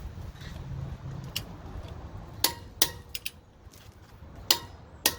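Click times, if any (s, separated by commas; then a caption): 4.5 s, 5.1 s. A click-type torque wrench tightens a lug nut on a car wheel until it breaks over at the set torque. Sharp metallic ticks sound at about 2.4 and 2.8 seconds, then the wrench clicks at spec at 4.5 and 5.1 seconds over a low background rumble.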